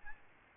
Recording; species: mosquito wingbeat signal from an infrared sensor; Aedes albopictus